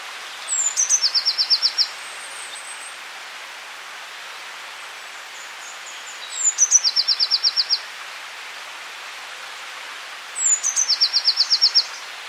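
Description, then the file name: Eurasian blue tit song, with three phrases several seconds apart, each a high thin note or two, then a quick, evenly spaced trill. "Cyanistes caeruleus"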